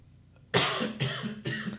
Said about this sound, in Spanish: Tener tos por el frío eslavo.